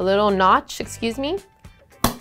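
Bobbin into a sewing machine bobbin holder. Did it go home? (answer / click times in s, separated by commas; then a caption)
yes / 2.0 s. A threaded bobbin is inserted into a sewing machine's bobbin holder, lined up with a small notch. Someone talks, then a sharp click at 2.0 s shows the bobbin seating into place.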